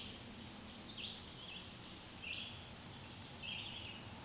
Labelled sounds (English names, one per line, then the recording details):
Black-throated Green Warbler song
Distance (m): 15 m
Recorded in a Pennsylvania forest on 1 June 2023 at 07:54
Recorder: AudioMoth, point grid3_16_high
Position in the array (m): 237 m, 135 m